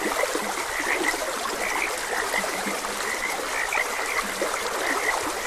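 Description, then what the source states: A chorus of frogs gives rapid overlapping croaks, high chirps and low brief grunts mixed, set against the steady sound of a stream. Frogs croaking beside a gentle stream.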